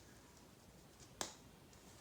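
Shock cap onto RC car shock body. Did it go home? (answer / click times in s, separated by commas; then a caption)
yes / 1.2 s. A plastic shock cap is pressed lightly onto the threaded shock body of a Losi Tenacity TT Pro RC car and turned counter-clockwise until the thread start drops into place. A single short, sharp click is heard at 1.2 s against a quiet background. The cap is seated on the thread, ready to be turned clockwise to tighten without cross-threading.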